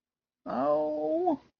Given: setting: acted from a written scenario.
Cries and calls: vocal sound without words; distress

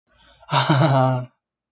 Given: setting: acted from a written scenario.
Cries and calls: vocal sound without words; ecstasy

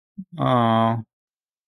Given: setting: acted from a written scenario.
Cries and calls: vocal sound without words; sympathy

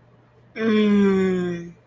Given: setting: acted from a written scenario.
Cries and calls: vocal sound without words; desire

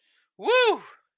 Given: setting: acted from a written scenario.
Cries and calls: vocal sound without words; pride

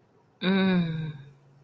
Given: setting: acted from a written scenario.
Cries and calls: vocal sound without words; contentment

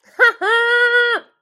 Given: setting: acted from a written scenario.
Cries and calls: vocal sound without words; triumph

